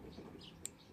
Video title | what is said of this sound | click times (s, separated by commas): How to Setup GY6 Handlebar Controllers and Mirrors 31 of 50 | comes in it'll start making a little pop noise there | 0.7 s